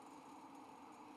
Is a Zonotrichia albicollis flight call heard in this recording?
no